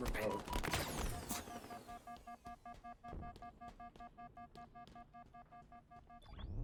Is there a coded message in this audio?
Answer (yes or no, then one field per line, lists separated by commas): no